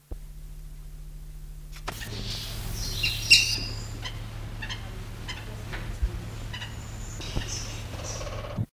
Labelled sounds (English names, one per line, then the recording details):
Blood-colored Woodpecker call
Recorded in captivity
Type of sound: call
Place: Zoo Krefeld, Nordrhein-Westfalen, DE
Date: 1975-02-14
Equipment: Halbspur, 9,5 cm/s
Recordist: Lütgens, Hans
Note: Rufe